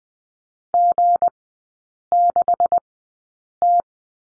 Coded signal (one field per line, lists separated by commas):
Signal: Morse code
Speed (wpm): 20 wpm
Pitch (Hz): 700 Hz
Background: none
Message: G6T